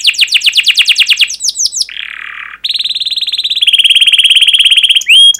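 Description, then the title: Canary song in varied rapid tours: quick sweeping chirps, a short harsh buzzy burst, then long, steady, fast trills at high pitch ending with a short whistle. Energetic fast-paced canary song with dense 'cuit cuit' chirping, used as a lure to prompt young canaries learning to sing. "Kenari Gacor Speed RAPAT Cuit Cuit Ngero L Suara Bagus Untuk Pancingan Kenari Paud Belajar Bunyi"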